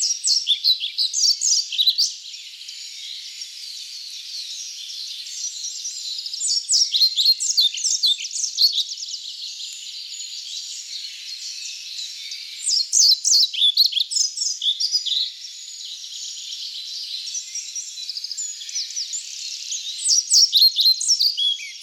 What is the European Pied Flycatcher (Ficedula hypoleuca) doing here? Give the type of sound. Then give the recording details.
song. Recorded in the wild. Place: Waltershofen / Freiburg im Breisgau, Baden-Württemberg, DE. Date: 2008-04-26. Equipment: MiniDisc Sharp MT 20 H. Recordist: Schwarz, Dieter